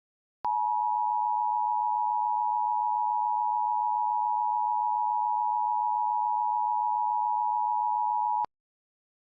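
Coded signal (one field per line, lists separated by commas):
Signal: Emergency Alert System (SAME) tones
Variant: 853 and 960 Hz attention tone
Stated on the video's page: Fictional EAS scenario, not a real alert.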